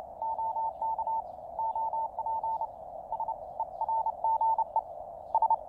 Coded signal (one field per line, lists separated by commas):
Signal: Morse code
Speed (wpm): 29 wpm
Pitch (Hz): 890 Hz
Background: radio noise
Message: OK OP SERGE S